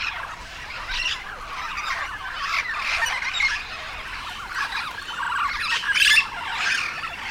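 Yellow-shouldered parrot giving rough, raspy squawks in a continuous chattering stream, with a sharper burst near the end.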